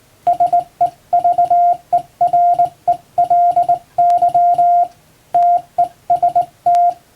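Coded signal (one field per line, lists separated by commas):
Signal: Morse code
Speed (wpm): 20 wpm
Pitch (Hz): 700 Hz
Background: radio noise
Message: SEVERELY TEST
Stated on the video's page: Plain-language English Morse practice sent by hand on a vertical straight key by a first-class radiotelegraph operator.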